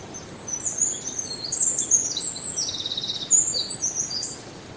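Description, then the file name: Eurasian wren singing a loud, very high, rapid outpouring of twittering notes and buzzy trills that runs almost the whole time, with a soft hiss underneath. "Troglodytes troglodytes"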